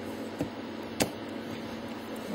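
With the adjustment bolt snugged down and locked, the handles of a pair of face cap removal pliers are squeezed together over a steady background hiss. A faint tick comes at about 0.4 s, then a sharp click at 1.0 s, confirming the pliers give their set click at the adjusted setting.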